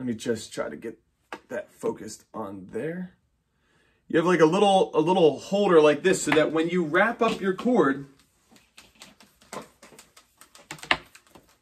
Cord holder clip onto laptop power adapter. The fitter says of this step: clicks in place and then